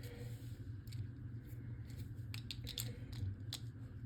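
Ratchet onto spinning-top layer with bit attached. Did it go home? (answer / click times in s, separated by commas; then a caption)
no / none. Someone tries to lock the plastic ratchet onto the layer of a Beyblade X Dran Sword 3-60 F spinning top while the bit is already fitted, which makes it hard to seat. Over a steady low hum, a few short, sharp plastic ticks and scrapes are heard as the parts are pushed together. The ratchet does not lock, and nothing has seated or clicked yet.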